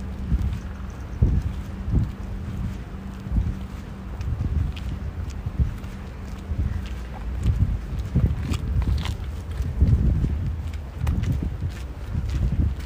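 A ride on the bus or metro, dominated by a heavy low rumble that surges and eases throughout. Frequent thumps and knocks jolt through the steady drone, and a faint hum sits underneath in the first half, with occasional light rattles above.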